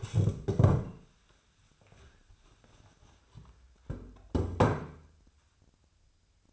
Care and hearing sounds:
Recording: daily activity, microphone in the room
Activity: stand up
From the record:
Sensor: 2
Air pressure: 1015.1 hPa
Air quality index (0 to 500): 157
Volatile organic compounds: 8 ppm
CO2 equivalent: 2044 ppm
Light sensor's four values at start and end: 11/29/12/13 and 13/35/14/16

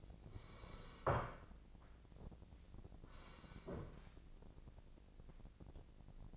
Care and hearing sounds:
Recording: daily activity, microphone in the room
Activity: sit down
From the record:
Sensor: 5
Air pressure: 1012.4 hPa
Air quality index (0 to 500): 162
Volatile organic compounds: 2 ppm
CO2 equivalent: 1106 ppm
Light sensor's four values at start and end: 267/636/273/304 and 267/636/273/304

